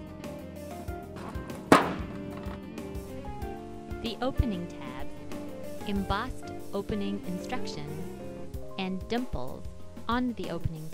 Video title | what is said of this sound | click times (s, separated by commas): Dart Container's StayLock Clear Hinged Lid Containers | our stock containers feature dual bowai bar lock which provide an audible snap when engaged | 1.7 s